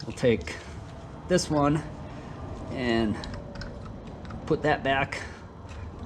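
During a Kuryakyn Wanderbar speaker system install on a Harley motorcycle, someone talks while handling the rubber weather boot from the harness connector, which protects it from water, to push it back onto the wiring's dummy connector. Faint short handling ticks come near 3.6 and 4.3 seconds between the talking. The clip ends before the boot goes home, so nothing has seated yet.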